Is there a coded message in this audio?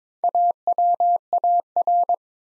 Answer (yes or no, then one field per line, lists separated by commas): yes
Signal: Morse code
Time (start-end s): 0.2-2.1 s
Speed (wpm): 22 wpm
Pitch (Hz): 700 Hz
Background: none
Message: AWAR